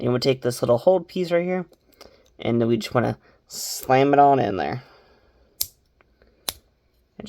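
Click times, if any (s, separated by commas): 5.6 s, 6.5 s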